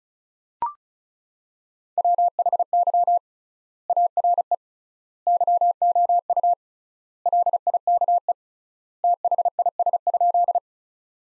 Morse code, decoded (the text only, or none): WHY ARE YOU LIKE THIS?